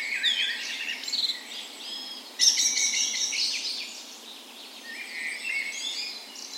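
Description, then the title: Birds: dawn chorus of many songbirds, overlapping whistled phrases, trills and chirps high in pitch, with a burst of louder twittering midway and steady background hiss. Spring dawn chorus, morning of 17 May, Norway's National Day, in a park west in Bergen, Norway; recorded with Sony PCM A10 and LOM micro Usi microphones as tree ears. "17th Of May Dawn Chorus"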